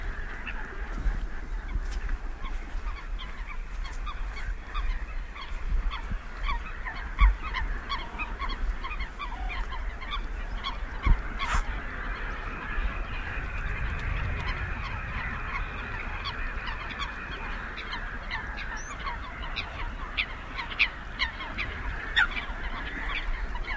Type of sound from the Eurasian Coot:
call